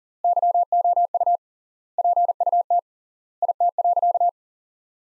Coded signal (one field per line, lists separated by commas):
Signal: Morse code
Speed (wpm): 40 wpm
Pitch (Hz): 700 Hz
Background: none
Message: YOU PUT IT.